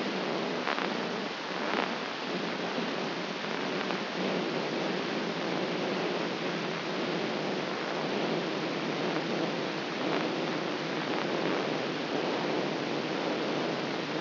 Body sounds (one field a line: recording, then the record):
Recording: brain microelectrode recording played as sound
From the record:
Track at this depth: inside the subthalamic nucleus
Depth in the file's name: 3.327 mm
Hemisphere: left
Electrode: 3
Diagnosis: Parkinson's disease